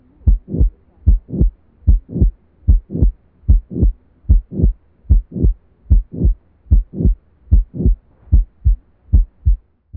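Adult heart sounds heard through a stethoscope: a regular rhythm of paired beats at about 74 per minute, low-pitched.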